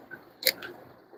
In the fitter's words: Oh, snap! There we go. Snaps in place.